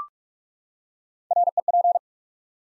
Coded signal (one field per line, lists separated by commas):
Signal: Morse code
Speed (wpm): 44 wpm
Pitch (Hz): 700 Hz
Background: none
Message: REP